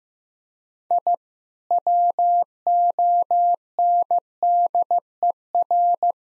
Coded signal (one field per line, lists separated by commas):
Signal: Morse code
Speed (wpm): 15 wpm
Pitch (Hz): 700 Hz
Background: none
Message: I WONDER